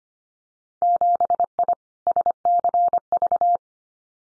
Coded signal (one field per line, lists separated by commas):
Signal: Morse code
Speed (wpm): 25 wpm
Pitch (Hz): 700 Hz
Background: none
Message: 7I SCV